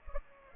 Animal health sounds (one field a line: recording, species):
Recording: mosquito wingbeat signal from an infrared sensor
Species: Culex pipiens